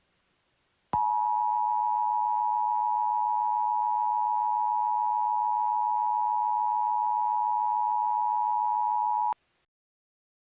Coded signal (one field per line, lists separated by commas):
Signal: Emergency Alert System (SAME) tones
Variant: 853 and 960 Hz attention tone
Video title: EAS Scenario - The Undead Prevailation